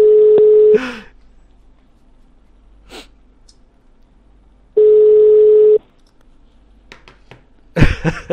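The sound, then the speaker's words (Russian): A phone call back goes unanswered: two long steady ringback tones roughly four seconds apart, with a few soft clicks and a burst of breathy noise at the end. “Ай, блядь, пидоры не берут трубку нахуй.”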